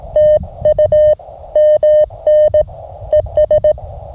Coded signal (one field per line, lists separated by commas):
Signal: Morse code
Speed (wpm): 19 wpm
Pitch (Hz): 590 Hz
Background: none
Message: TU MN ES